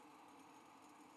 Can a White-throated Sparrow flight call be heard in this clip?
no